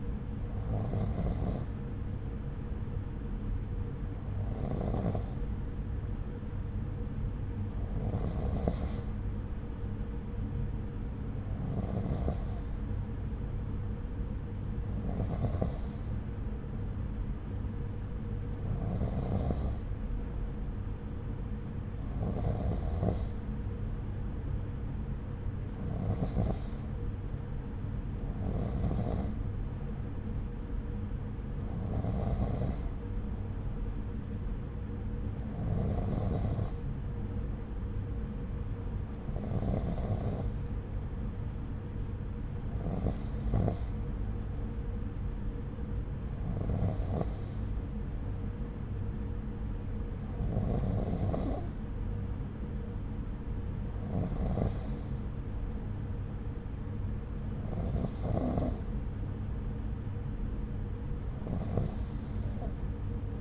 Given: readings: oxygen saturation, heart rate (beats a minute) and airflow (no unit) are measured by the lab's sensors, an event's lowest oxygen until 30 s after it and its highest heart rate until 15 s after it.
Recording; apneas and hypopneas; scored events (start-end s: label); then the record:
breathing in sleep by a smartphone at the bedside; none
23.00-63.41 s: new sleep stage, N2 (light sleep)
From the record:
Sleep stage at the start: N3 (deep sleep); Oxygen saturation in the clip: 92 to 93%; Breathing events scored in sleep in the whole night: 303 in 8.1 hours asleep